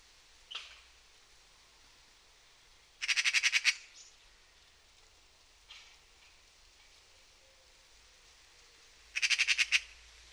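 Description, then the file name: Eurasian magpie chattering in two short rattling bursts of rapid harsh notes, with a few faint single calls between them. "Pica pica"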